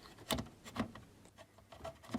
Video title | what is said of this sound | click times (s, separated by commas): Replacing The Backlight On Our Tektronix TDS210 | It should click into place. | 0.3 s